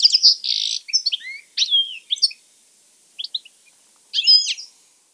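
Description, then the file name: European goldfinch twittering calls, bright tinkling notes and short buzzy trills in bursts, a pause near the middle, then a final rich burst. "Carduelis carduelis"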